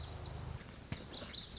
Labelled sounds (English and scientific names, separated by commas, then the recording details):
Lazuli Bunting (Passerina amoena)
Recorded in Sonoma County, California